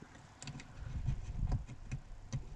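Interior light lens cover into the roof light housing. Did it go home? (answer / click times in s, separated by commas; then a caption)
no / none. A plastic interior dome light lens cover on a 2nd Gen 4Runner is handled and pushed up by its tab toward the roof light housing, with a few short plastic ticks at about 0.4, 0.5, 0.6, 1.5 and 2.3 seconds over a low rumble. Nothing has seated or clicked in yet; the cover is not home by the end.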